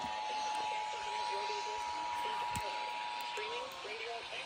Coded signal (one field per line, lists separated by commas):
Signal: Emergency Alert System (SAME) tones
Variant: 853 and 960 Hz attention tone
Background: speech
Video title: MCLEAN AND RANKIN COUNTIES… Mass. and NH Required Monthly Tests - January 2025 (EAS #1,524-1,535)